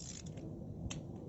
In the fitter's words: And you can hear click. It means it tighten to me five.